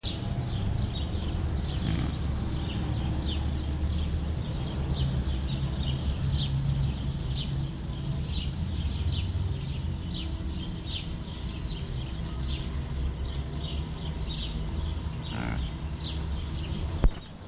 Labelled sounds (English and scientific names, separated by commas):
Blackbuck (Antilope cervicapra) call